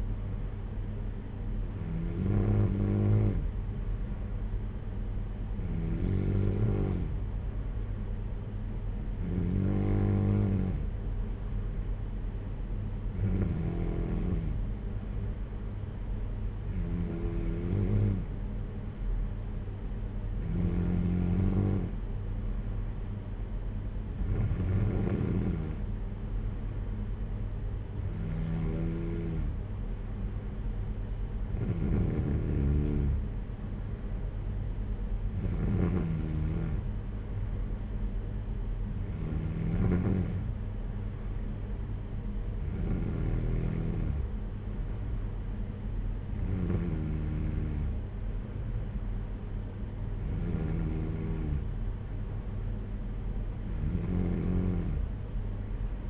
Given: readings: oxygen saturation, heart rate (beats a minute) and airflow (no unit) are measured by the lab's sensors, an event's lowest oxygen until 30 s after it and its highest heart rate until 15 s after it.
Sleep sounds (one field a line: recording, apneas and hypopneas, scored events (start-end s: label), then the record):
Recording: breathing in sleep by a smartphone at the bedside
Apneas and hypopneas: none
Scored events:
none scored
From the record:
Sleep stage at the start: N2 (light sleep)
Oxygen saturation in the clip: 92 to 93%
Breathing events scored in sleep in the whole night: 226 in 8.8 hours asleep